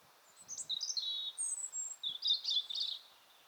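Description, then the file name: European robin song: a short phrase of high, rapid, tinkling notes, a thin drawn-out whistle, then a jumbled twittering flourish. "Erithacus rubecula"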